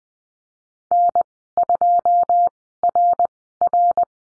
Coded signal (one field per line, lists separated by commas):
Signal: Morse code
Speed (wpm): 20 wpm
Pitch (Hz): 700 Hz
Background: none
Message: N2RR